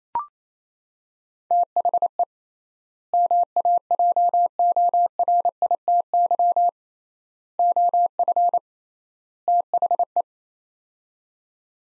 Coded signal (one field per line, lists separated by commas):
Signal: Morse code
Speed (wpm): 28 wpm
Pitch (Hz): 700 Hz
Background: none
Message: THE MAJORITY OF THE